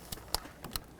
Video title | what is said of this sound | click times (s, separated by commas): How to Replace Vapor Canister Solenoid Valve 2005-2010 Pontiac G6 | make sure it clicks | 0.3 s, 0.8 s